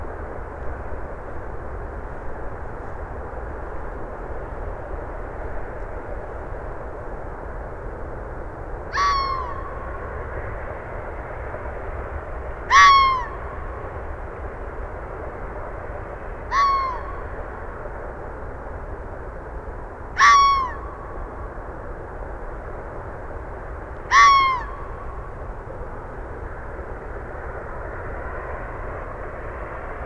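A red fox gives five sharp, barking calls at roughly four-second intervals, starting about nine seconds in, each a short rising yelp. Underneath, a steady low roar of road traffic and aircraft fills the whole recording.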